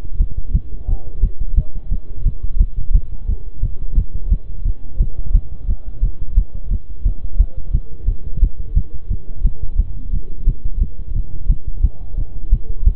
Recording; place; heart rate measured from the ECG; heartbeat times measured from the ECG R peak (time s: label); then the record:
heart sounds by stethoscope; between the tricuspid and mitral areas; 175 bpm
0.20 s: heartbeat
0.54 s: heartbeat
0.88 s: heartbeat
1.23 s: heartbeat
1.58 s: heartbeat
1.92 s: heartbeat
2.26 s: heartbeat
2.60 s: heartbeat
2.95 s: heartbeat
3.29 s: heartbeat
3.63 s: heartbeat
3.98 s: heartbeat
4.32 s: heartbeat
4.65 s: heartbeat
5.00 s: heartbeat
5.34 s: heartbeat
5.68 s: heartbeat
6.03 s: heartbeat
6.37 s: heartbeat
6.71 s: heartbeat
7.05 s: heartbeat
7.40 s: heartbeat
7.74 s: heartbeat
8.08 s: heartbeat
8.42 s: heartbeat
8.77 s: heartbeat
9.11 s: heartbeat
9.45 s: heartbeat
9.79 s: heartbeat
10.13 s: heartbeat
10.48 s: heartbeat
10.82 s: heartbeat
11.16 s: heartbeat
11.50 s: heartbeat
11.84 s: heartbeat
12.18 s: heartbeat
12.53 s: heartbeat
12.87 s: heartbeat
From the record:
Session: bicycle stress test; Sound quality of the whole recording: good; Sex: male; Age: 23 years